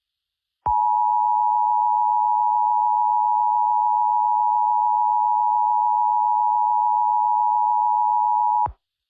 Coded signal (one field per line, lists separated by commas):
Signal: Emergency Alert System (SAME) tones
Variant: 853 and 960 Hz attention tone